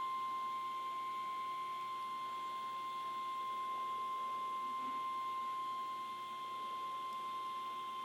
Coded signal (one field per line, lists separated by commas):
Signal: Emergency Alert System (SAME) tones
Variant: 1050 Hz attention tone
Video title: Severe Thunderstorm Warning on KEC56 (EAS #993)